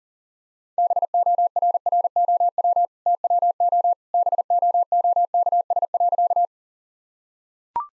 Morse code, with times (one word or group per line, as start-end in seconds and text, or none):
0.8-2.9 BORROW
3.1-3.9 TWO
4.1-6.5 BOOKS.